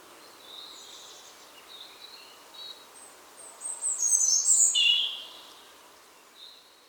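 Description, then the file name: European robin song: faint high thin phrases early on, then a louder burst of sharp, tumbling, high-pitched notes near the middle, fading to quiet wisps, over steady background hiss. "Erithacus rubecula"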